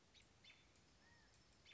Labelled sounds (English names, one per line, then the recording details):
American Robin
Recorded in Sonoma County, California